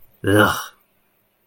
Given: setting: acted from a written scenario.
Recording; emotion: vocal sound without words; disgust